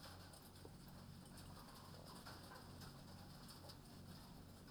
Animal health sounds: poultry house recording; sick chickens (respiratory disease)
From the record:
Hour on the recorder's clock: 20

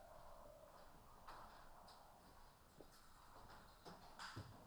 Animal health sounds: poultry house recording; healthy chickens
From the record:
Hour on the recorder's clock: 14

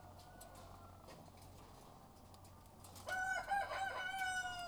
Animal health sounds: poultry house recording; sick chickens (respiratory disease)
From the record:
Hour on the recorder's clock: 13

